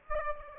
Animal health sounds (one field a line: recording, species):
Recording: mosquito wingbeat signal from an infrared sensor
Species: Aedes aegypti